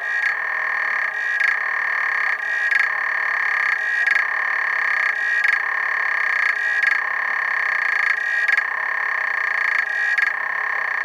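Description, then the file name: African clawed frog giving steady, rhythmic buzzing trills, each burst lasting roughly a second and repeating at a regular pace throughout. "xenopuslaevis"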